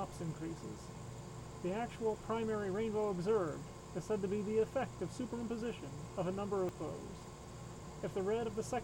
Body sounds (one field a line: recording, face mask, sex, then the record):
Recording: reading aloud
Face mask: surgical mask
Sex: male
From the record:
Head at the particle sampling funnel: turned sideways, cheek in front of it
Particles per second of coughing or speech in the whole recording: 0.0482